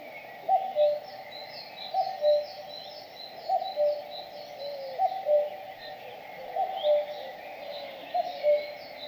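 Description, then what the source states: Bird giving a soft paired whistle about every one and a half seconds, six times in all, with busy high chirps from other birds. In a forest.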